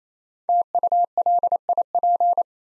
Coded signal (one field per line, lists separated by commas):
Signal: Morse code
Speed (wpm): 29 wpm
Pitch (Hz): 700 Hz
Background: none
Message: TULIP